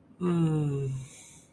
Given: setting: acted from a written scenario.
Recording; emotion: vocal sound without words; serenity